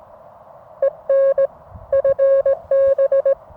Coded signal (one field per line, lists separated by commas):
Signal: Morse code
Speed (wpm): 18 wpm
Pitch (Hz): 540 Hz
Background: none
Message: EN FB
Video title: Morse Code en Provence.